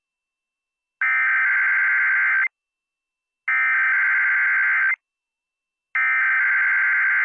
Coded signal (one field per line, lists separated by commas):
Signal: Emergency Alert System (SAME) tones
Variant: header bursts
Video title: The Test Show Episode 12: Melbournes Unexpected Return & Alert Ready Day - 11/15/2023